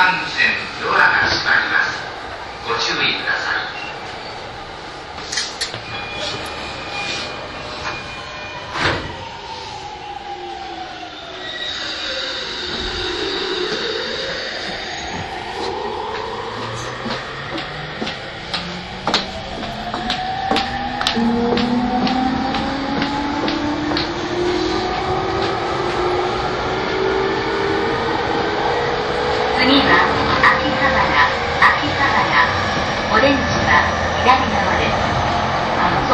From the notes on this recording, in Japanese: E231系山手線外回りを収録したものです